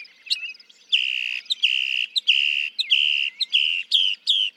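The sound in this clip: Northern mockingbird song: a series of long, steady, slightly buzzy whistled notes, each preceded by a short sharp note, repeated about seven times.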